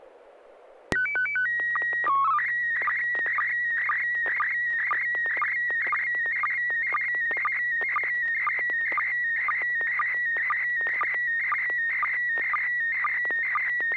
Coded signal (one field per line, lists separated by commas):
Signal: SSTV (slow-scan television)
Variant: PD 120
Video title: N6NA SSTV Net - 10/23/2024